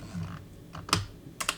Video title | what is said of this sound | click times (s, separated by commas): Intro to the Minolta SRT 101 | There, that was the click. And that click is the sound of the film coming off this spool right here. | 0.9 s